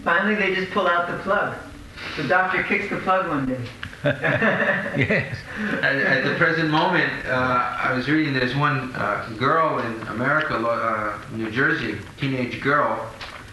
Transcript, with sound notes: Finally they just pull out the plug. The doctor kicks the plug one day.
[laughs] Yes.
At the present moment, I was reading, there is one girl in America, New Jersey, teenage girl.